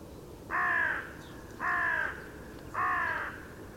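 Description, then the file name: Carrion crow repeating three hoarse, drawn-out caws at a steady rhythm, roughly one every second, over a quiet background. "Corvus corone"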